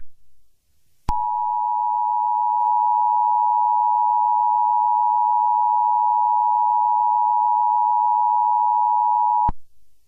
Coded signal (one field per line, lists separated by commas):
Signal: Emergency Alert System (SAME) tones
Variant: 853 and 960 Hz attention tone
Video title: EAS Scenarios #74-77: The Protagonist (Full EAS Story)